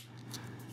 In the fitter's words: Bottom part first, and you should just hear it all click together,